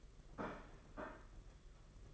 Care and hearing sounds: daily activity, microphone in the room; place plate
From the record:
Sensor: 4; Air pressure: 992.6 hPa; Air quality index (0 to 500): 134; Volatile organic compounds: 55 ppm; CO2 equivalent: 3365 ppm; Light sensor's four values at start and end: 19/65/24/25 and 19/65/24/25

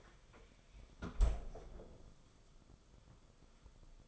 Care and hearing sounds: daily activity, microphone in the room; close fridge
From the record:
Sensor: 5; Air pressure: 994.5 hPa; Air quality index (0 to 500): 189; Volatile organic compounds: 1000 ppm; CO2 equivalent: 5556 ppm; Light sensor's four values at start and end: 46/139/54/60 and 46/141/54/60

